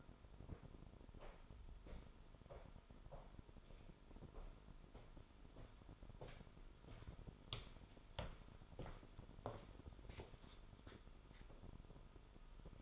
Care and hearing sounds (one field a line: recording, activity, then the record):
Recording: daily activity, microphone in the room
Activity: walk to room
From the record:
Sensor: 5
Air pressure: 988.3 hPa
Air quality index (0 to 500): 195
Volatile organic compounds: 64 ppm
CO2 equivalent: 3455 ppm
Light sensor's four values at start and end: 48/144/56/60 and 48/140/55/60